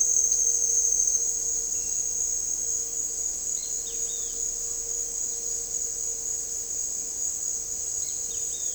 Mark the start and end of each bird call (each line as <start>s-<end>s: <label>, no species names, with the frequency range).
1.74s-2.11s: bird call (2.3-3.2 kHz)
3.54s-4.38s: bird call (2.0-4.6 kHz)
7.94s-8.74s: bird call (2.0-4.8 kHz)